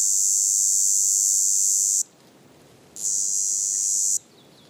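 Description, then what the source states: Red cicada song, an intense high buzz lasting two seconds, stopping for about a second, then resuming for just over a second before stopping again. Tibicina haematodes; recorded 27 June 2018 on forested Plateau de Lesches-en-Diois, France; singing for over a week, heralding hot summer days; Nagra Seven recorder, MKH8040 microphone on boom pole.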